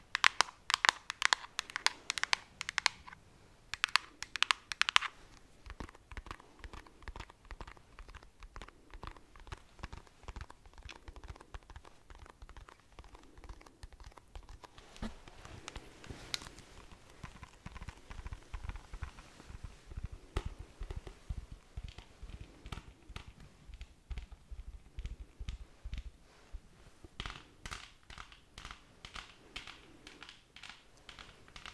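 Tapping, loud and bright for the first five seconds, then softer, irregular and scratchy, with brief louder clusters near sixteen and twenty-eight seconds.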